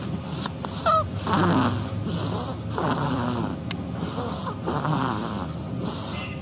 This is the sound of a baby duckling snoring.